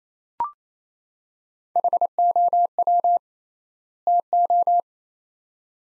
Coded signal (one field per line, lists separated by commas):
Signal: Morse code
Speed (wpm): 28 wpm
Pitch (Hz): 700 Hz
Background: none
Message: HOW TO